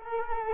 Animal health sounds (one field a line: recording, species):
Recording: mosquito wingbeat signal from an infrared sensor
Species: Culex quinquefasciatus